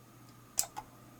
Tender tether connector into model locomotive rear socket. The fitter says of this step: I don't know if you heard that, but it clicked right in there,